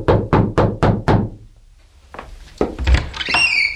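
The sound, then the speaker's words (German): Five firm, evenly spaced knocks on the door of guesthouse room 108 on the first floor ring out in quick succession, followed after a short quiet pause by some rattling and shuffling sounds. “Er atmete einmal tief ein und klopfte entschlossen an.”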